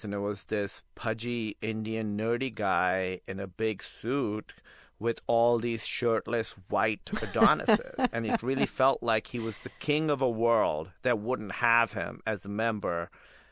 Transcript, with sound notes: And there was this pudgy, Indian, nerdy guy in a big suit with all these shirtless, white Adonises. (Laughter) And it really felt like he was the king of a world that wouldn't have him as a member,